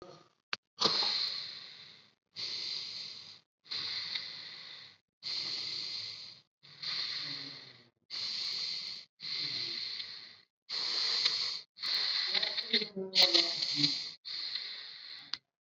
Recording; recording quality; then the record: deep breathing; excellent, no background noise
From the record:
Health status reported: COVID-19 positive, mild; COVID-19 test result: positive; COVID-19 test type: RT-PCR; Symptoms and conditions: cough, sore throat, fever, fatigue, muscle pain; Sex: male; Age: 55 years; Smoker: no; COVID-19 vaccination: both doses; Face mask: not worn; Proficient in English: yes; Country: India